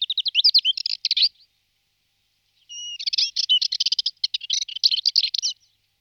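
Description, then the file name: Subalpine warbler song: a quick scratchy warbling burst, a pause of about a second and a half, then a longer rapid chattering phrase opening with a short whistled note. "Sterpazzolina"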